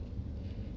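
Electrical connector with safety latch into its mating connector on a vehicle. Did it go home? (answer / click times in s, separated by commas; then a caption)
no / none. A vehicle electrical connector with a plastic safety latch is being pushed down onto its mating connector. Only a steady low rumble is heard, with no distinct snap. Nothing has seated or clicked yet; the part is handled but not yet home.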